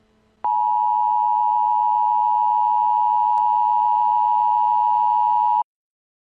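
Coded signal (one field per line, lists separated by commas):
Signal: Emergency Alert System (SAME) tones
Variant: 853 and 960 Hz attention tone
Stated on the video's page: Fictional, simulated EAS scenario from an alternate universe, remastered.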